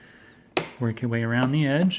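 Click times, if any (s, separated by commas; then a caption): 0.6 s. The plastic bottom cover of a laptop is pressed down, starting at one corner, and a sharp snap at 0.6 s marks a clip popping into place in the chassis. Someone talks just after the snap, and the cover clip is seated.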